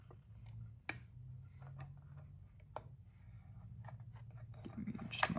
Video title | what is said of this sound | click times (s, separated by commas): Brunton compass guide, all things Brunton, repair, strike and dip, distance, and declination. | there we go. That little click means it's in. | 5.2 s